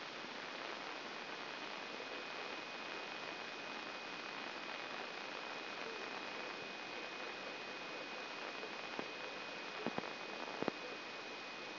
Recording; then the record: brain microelectrode recording played as sound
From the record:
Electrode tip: inside the subthalamic nucleus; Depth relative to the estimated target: 4 mm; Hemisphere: left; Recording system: AlphaMap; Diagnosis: Parkinson's disease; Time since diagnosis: 11 years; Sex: male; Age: 56 years